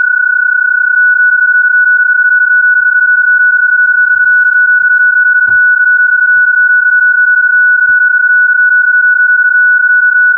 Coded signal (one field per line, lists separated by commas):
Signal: PSK31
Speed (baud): 31.25 baud